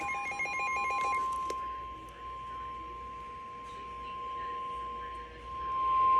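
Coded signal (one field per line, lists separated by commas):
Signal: Emergency Alert System (SAME) tones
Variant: 1050 Hz attention tone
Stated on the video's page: Back-to-back Severe Thunderstorm and Special Marine Warning received on NOAA weather radios.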